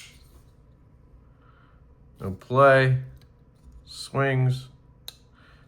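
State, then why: Seated. Someone talks while a Divo TallBoy V1.5 folding knife, its pivot re-tightened and its blade checked for no play, has its blade swung shut in the handle. The metal blade lock engages with a single crisp click at 5.1 s, seating the blade in place.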